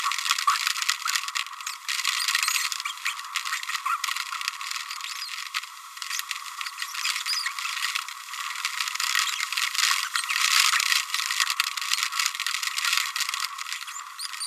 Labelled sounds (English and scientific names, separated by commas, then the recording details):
Green-rumped Parrotlet (Forpus passerinus) babbling
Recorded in a nest box in Venezuela
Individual 18B25A5